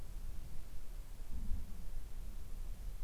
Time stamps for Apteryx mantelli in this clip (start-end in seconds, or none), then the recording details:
none. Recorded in New Zealand on 2 February 2014. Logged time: 22:59. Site CA73